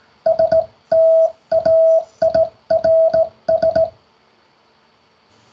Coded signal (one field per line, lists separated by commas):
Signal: Morse code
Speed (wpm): 17 wpm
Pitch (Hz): 650 Hz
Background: none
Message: STAIRS